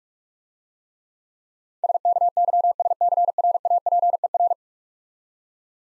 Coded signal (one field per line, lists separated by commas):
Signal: Morse code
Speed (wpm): 46 wpm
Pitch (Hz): 700 Hz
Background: none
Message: SKYSCRAPER